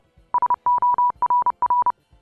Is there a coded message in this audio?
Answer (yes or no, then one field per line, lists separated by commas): yes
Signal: Morse code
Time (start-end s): 0.3-1.9 s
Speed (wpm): 30 wpm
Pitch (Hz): 980 Hz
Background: music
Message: SORR